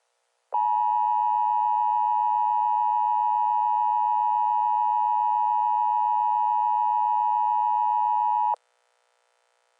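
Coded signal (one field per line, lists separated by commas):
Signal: Emergency Alert System (SAME) tones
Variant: 853 and 960 Hz attention tone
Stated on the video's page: Simulated EAS scenario about runaway train CSX 2310.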